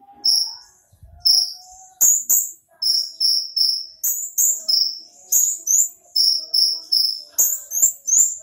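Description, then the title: Small bird giving high, piercing chirps in a quick, steady run, with occasional sharp taps behind them. "Burung Kecil"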